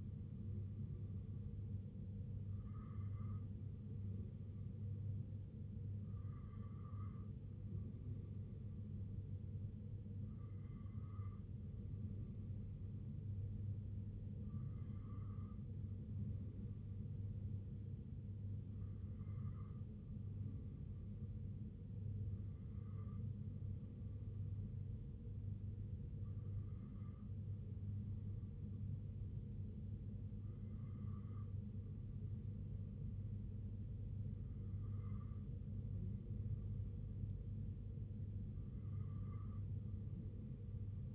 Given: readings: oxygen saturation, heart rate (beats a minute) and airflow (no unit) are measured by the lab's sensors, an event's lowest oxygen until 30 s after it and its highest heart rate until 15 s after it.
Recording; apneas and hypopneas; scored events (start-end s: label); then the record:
breathing in sleep by a smartphone at the bedside; none
none scored
From the record:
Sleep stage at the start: N2 (light sleep); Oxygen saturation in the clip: 93 to 94%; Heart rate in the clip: 63 to 68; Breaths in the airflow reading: 10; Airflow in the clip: -2.7 to 1.9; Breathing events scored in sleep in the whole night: 258 in 7.4 hours asleep